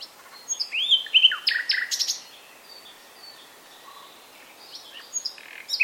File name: Luscinia megarhynchos